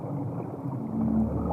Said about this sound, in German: Tiefes, grauenvolles Röcheln. Endlich bricht der Schrei durch.